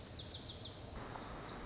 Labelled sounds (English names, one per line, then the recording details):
Lazuli Bunting
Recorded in Sonoma County, California